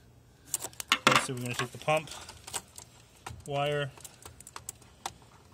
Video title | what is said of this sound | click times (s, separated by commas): Convert Canadian Spa Company Cambridge Spa from display to 240V use | plug it in so it clicks. You want to make sure it clicks on both sides, so you can try a little | 5.1 s